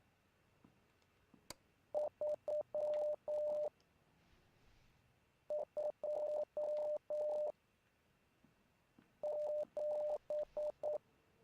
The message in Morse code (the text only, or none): 3 2 7